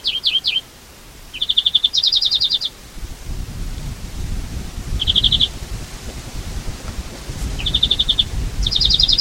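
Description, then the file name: European greenfinch song: twangy notes and short trilled rattles in scattered bursts over low rumbling background noise. "Chloris chloris"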